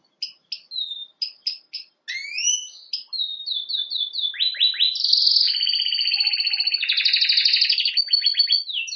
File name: Canary Voice